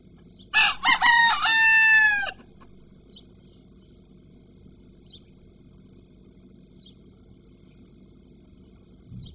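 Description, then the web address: Chicken crowing: one loud, harsh, drawn-out crow of several falling and sustained notes lasting about two seconds, then near silence with faint high chirps. "ottercomics ottertunes oishow Chickens"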